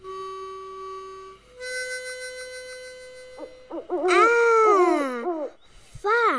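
An owl hoots over a sustained electronic tone: a few short hoots, then a loud, wavering, harmonically rich call that rises and falls, with one more brief call at the end. No one speaks. It is tied to La Lechuza 88.3, the first community radio station of San Juan, Argentina.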